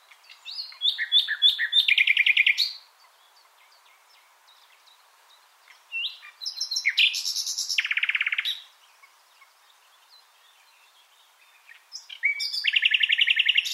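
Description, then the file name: Common nightingale song: three loud, varied phrases with fast repeated trills, rich chattering notes and whistles, separated by short pauses. "Luscinia megarhynchos"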